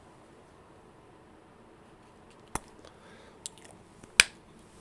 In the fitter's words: Cap clicks in place. It's not magnetic, but it clicks in place.